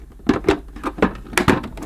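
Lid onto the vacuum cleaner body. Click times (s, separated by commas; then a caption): 1.4 s. The plastic lid of a Thomas Aqua Plus water-filtration vacuum cleaner is pushed back onto the vacuum body, with several plastic knocks and rattles at about 0.3, 0.9 and 1.0 seconds. A sharp click at 1.4 seconds marks the lid seating into position, followed by a softer tap around 1.6 seconds.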